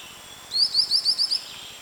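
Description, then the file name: White-lored tyrannulet call: a quick series of about six high, sharp rising notes in under a second, over faint steady insect hiss. Recorded on 28 April 2011. "20110428 ORNINE"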